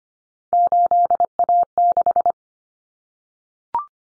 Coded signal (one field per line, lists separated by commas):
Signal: Morse code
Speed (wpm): 25 wpm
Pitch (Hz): 700 Hz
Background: none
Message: 8A6